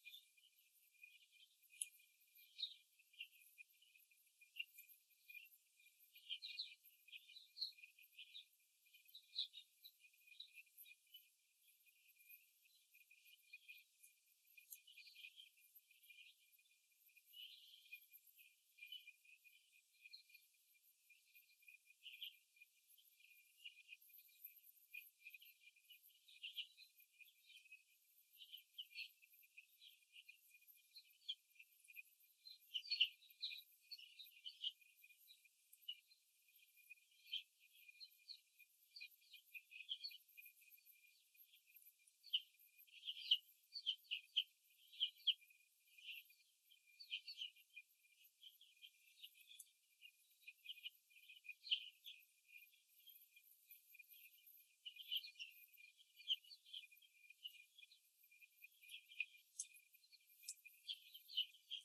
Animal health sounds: young laying hens in a cage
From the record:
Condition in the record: before the stressor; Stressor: simulated dog barking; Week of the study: 2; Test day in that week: 3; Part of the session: 3

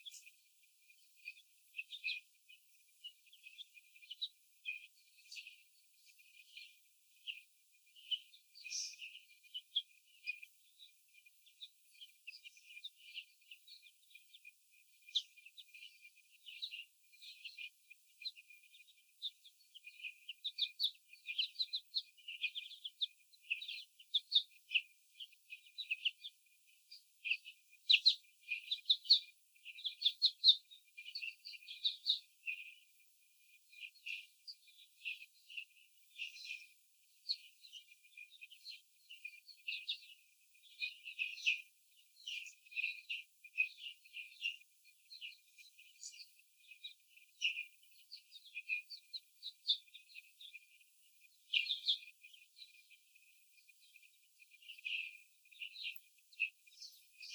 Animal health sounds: young laying hens in a cage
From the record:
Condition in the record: before the stressor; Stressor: sudden umbrella opening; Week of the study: 3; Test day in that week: 2

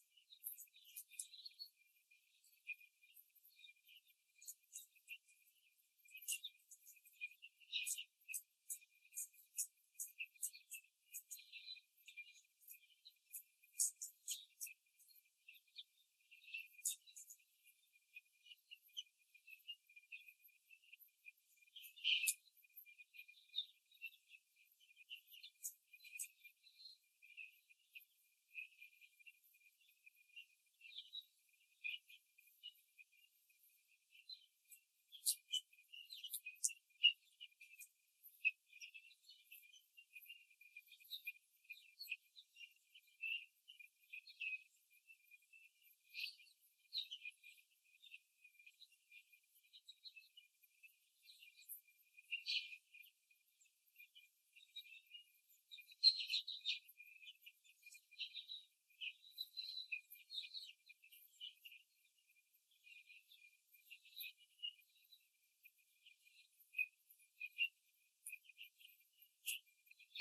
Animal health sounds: young laying hens in a cage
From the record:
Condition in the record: before the stressor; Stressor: simulated dog barking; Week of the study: 3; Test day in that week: 2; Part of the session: 1

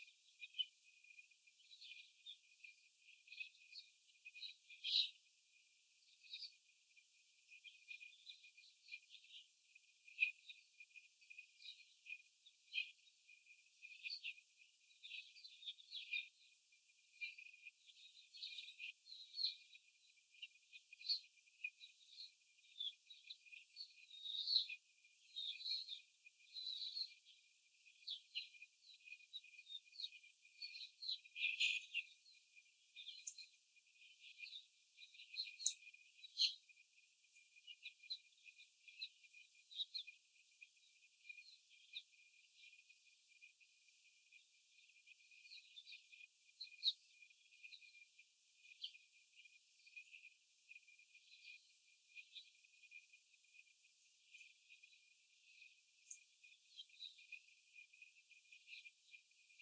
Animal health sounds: young laying hens in a cage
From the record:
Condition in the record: after the stressor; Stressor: simulated dog barking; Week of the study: 4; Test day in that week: 3

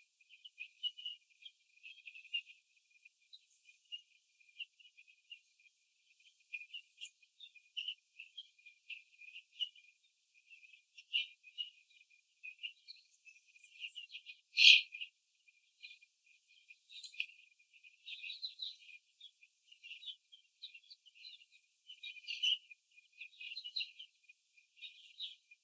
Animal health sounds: young laying hens in a cage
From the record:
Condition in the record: after the stressor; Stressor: simulated dog barking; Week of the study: 3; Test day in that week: 1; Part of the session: 3

